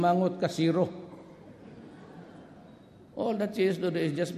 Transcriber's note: laughter